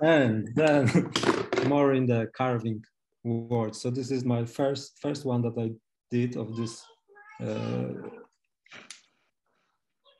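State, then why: Seated. A knife blade is pushed into a first hand-carved wooden sheath while someone talks. After the talking, two small clicks sound at about 8.7 s and 8.9 s as the blade seats home in the sheath.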